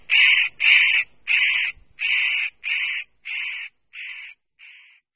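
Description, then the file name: Spotted nutcracker uttering a run of hoarse, rasping notes that fade and grow weaker towards the end. "Ořešník-kropenatý"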